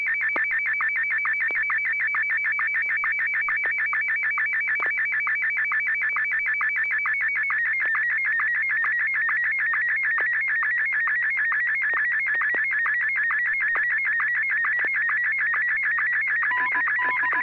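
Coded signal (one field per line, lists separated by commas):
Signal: SSTV (slow-scan television)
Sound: steady warbling high tone with rapid regular clicks, then brief extra beeps near the end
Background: low hum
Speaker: I'll transmit first, since I didn't get a chance to get a photo out last week. I'll get one out,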